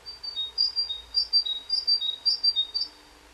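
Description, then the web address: Bird calls: high, thin chirps in a quick series, some doubled, repeated about twice a second for most, with a low hum underneath. Nest box; 6 January 2006. "nistkasten 20060106"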